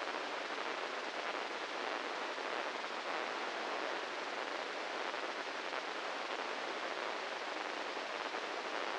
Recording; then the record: brain microelectrode recording played as sound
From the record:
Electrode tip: inside the subthalamic nucleus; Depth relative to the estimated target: -1 mm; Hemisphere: right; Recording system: NeuroSet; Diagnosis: Parkinson's disease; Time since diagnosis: 15 years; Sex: male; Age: 65 years